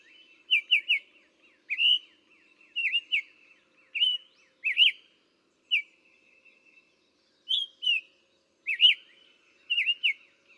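Summer tanager gives a steady run of sweet slurred phrases, mostly paired or tripled notes, repeated about once a second.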